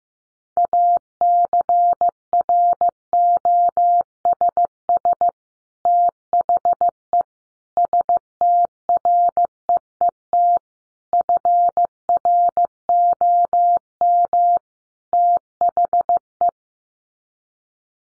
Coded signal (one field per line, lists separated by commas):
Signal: Morse code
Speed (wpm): 15 wpm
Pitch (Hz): 700 Hz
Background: none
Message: ACROSS THE STREET FROM THE